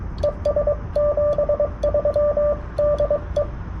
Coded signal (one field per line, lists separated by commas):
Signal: Morse code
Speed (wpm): 20 wpm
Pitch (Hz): 580 Hz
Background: radio noise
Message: ES 73 DE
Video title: CW POTA at US-4567 with the Yaesu FTDX10